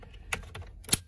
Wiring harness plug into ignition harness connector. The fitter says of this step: right in make sure his snaps plug this back into your ignition harness connector snaps